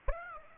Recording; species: mosquito wingbeat signal from an infrared sensor; Aedes aegypti